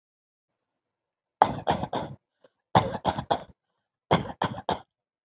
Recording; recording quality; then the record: shallow voluntary cough; excellent, no background noise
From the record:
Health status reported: healthy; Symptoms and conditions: none ticked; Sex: male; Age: 21 years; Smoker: not ticked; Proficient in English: yes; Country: India